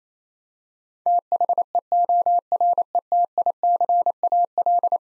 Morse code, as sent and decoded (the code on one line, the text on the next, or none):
- .... . --- .-. . - .. -.-. .- .-..
THEORETICAL